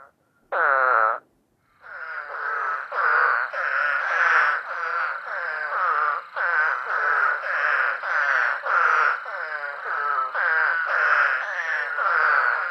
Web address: Songs of Frogs Toads of North America. Eastern Spadefoot